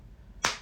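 A vintage axe head is driven fully down onto its replacement wooden handle with one sharp strike, heard as a single loud impact at 0.45 s. The head had not been seated all the way and was coming off a bit; now it is seated and flush, sitting just a little proud.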